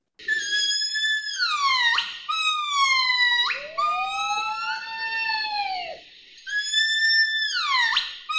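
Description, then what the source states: Gibbon calls: loud whooping notes that slide steeply down at their ends, with a lower arching hoot in the middle. Call described as not mournful despite the poem 风急天高猿啸哀, but like a rooster's crow, a physiological mating signal; a listener found it a bit scary.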